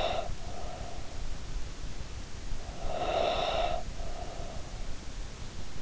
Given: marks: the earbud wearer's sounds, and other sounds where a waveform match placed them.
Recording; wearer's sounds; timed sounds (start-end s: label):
sounds in sleep by an in-ear microphone; breath
2.60-4.74 s: breath